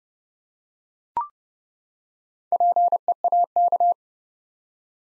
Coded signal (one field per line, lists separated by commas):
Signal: Morse code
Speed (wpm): 29 wpm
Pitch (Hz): 700 Hz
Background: none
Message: PEAK